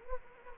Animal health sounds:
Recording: mosquito wingbeat signal from an infrared sensor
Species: Anopheles gambiae

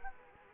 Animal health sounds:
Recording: mosquito wingbeat signal from an infrared sensor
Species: Anopheles arabiensis

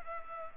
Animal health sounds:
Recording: mosquito wingbeat signal from an infrared sensor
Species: Culex pipiens

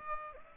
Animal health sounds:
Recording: mosquito wingbeat signal from an infrared sensor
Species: Aedes aegypti

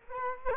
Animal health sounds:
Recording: mosquito wingbeat signal from an infrared sensor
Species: Culex quinquefasciatus

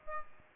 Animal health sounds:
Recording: mosquito wingbeat signal from an infrared sensor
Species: Aedes aegypti

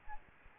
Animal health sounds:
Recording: mosquito wingbeat signal from an infrared sensor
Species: Aedes albopictus

